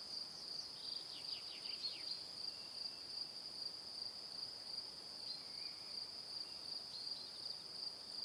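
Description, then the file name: Crickets trilling steadily on one high pitch, with a burst of rapid downward-sweeping chirps near the start and a few faint, lower buzzes later. Crickets in the evening. "Calm - Evening Crickets"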